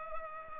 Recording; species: mosquito wingbeat signal from an infrared sensor; Culex pipiens